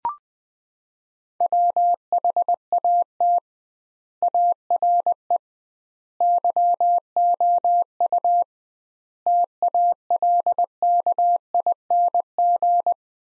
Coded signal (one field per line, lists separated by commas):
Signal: Morse code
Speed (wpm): 20 wpm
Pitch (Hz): 700 Hz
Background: none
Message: WHAT ARE YOU TALKING